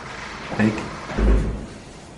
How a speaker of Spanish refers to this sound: Que están dándole fuerte a la puerta, no por nada, ¿eh?